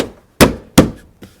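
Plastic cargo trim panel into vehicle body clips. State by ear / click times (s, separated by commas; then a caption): partly seated / 0.4 s, 0.8 s. A plastic cargo-area trim panel on a GMC Yukon Denali Ultimate is pressed back into the vehicle body clips, giving two loud thumps at 0.4 s and 0.8 s and a faint tap at 1.2 s. The panel is still not fully snapped in.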